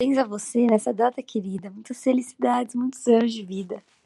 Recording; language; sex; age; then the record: short text; Brazilian Portuguese; female; 20 to 29 years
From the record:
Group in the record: control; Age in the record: 23 years